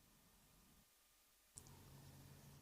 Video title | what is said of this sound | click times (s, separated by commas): Detailed guide to Hyundai i10 stereo upgrade with Apple Carplay & Android Auto | It took an awful lot of squeezing to get those clips to snap back onto the side of the vents. | 1.6 s